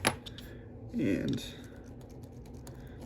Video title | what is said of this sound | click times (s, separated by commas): How to Use Speedmaster Strap Changing Guard | you'll hear a click and then the other side | 0.1 s